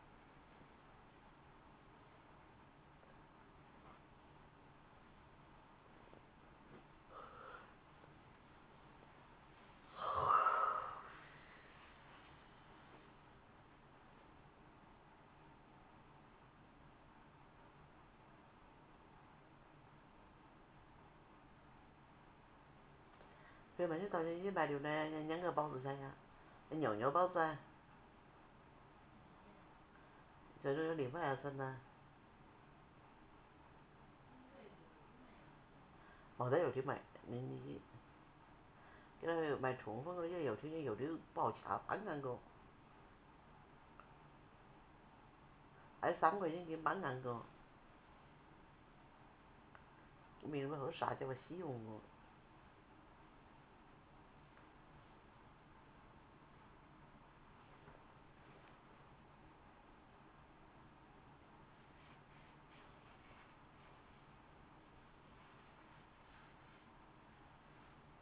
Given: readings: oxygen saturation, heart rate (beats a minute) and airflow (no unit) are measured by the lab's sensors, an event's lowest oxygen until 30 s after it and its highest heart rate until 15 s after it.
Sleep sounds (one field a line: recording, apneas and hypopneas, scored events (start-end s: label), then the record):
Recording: a person awake in a sleep study, by a voice recorder at the bedside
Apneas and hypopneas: none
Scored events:
0.00-68.22 s: awake
0.00-68.22 s: awake
From the record:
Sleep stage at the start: awake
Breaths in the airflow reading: 23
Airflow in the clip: -0.6 to 0.7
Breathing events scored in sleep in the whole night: 328 in 6.3 hours asleep